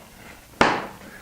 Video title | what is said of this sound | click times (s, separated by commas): Burton Step On 2019 3 Problems You May Have! | our second click then the toes go in right | 0.6 s